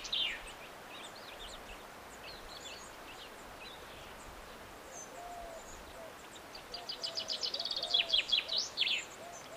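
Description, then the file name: Common chaffinch song near the end, a quick descending series of notes with a closing flourish, after faint chirps; soft low whistles sound beneath. "Fringilla coelebs"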